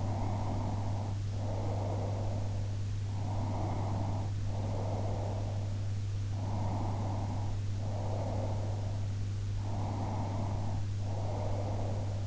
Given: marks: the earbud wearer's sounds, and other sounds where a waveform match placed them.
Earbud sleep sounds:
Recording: sounds in sleep by an in-ear microphone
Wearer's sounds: breath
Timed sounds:
0.00-2.62 s: breath
3.21-5.80 s: breath
6.46-9.18 s: breath
9.76-12.26 s: breath

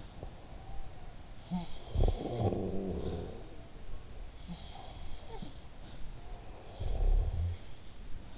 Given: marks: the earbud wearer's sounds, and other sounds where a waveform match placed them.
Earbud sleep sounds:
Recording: sounds in sleep by an in-ear microphone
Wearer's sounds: snoring breath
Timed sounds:
0.00-0.67 s: sound from someone else or the room
1.40-6.07 s: sound from someone else or the room
1.79-4.11 s: snoring breath
6.20-8.38 s: snoring breath
6.50-8.00 s: sound from someone else or the room

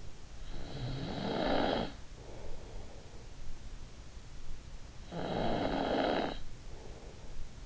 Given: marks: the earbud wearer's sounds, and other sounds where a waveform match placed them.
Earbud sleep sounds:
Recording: sounds in sleep by an in-ear microphone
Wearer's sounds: snoring breath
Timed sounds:
0.38-3.10 s: snoring breath
4.78-7.66 s: snoring breath

